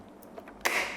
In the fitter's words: tinggal kita tekan sampai ada suara klik. Seperti